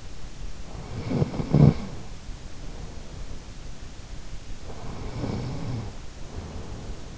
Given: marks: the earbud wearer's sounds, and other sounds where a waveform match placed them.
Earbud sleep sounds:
sounds in sleep by an in-ear microphone; snoring breath
0.59-2.41 s: snoring breath
4.39-7.18 s: snoring breath

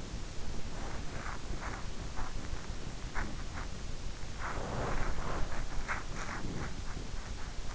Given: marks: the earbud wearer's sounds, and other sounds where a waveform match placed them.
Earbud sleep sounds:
sounds in sleep by an in-ear microphone; body movement
0.64-7.75 s: body movement

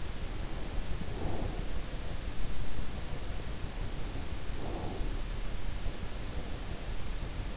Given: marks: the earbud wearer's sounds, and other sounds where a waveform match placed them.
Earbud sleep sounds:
sounds in sleep by an in-ear microphone; breath
0.00-1.93 s: breath
4.03-5.56 s: breath

